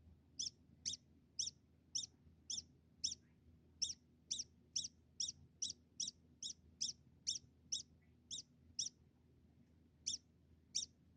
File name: Degu